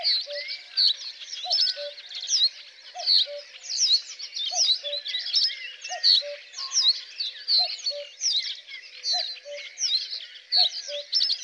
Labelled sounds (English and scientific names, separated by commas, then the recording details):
Reed Bunting (Emberiza schoeniclus) song
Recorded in the wild
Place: Flögelner See, Schleswig-Holstein, DE
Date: 1999-05-04
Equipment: MiniDisc Sony MZ-R35, Telinga DAT, Telinga-Parabolspiegel
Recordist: Schwarz, Dieter
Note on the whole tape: Song